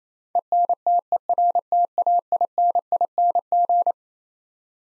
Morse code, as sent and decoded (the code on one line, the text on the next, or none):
. -. - . .-. - .- .. -. .. -. --.
ENTERTAINING